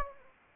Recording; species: mosquito wingbeat signal from an infrared sensor; Anopheles arabiensis